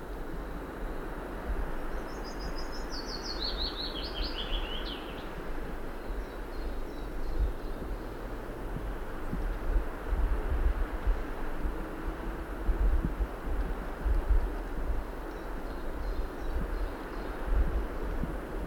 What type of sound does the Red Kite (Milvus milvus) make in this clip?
call